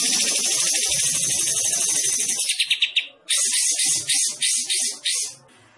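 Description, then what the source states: Bulbul singing a rapid, grating chatter high in pitch that turns into quick pulsed notes and then a series of rasping bursts. Described as gacor, singing actively.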